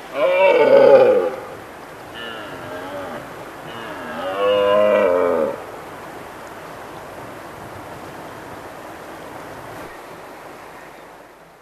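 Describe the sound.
Red deer giving three moaning, harmonic bellows, the first and last loudest, the middle one softer, then fading background noise.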